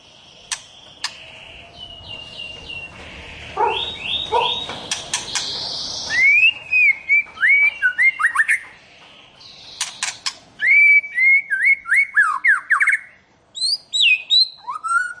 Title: Kicau Murai Batu